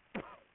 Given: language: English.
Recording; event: throat vibration sensor signal played as sound; cough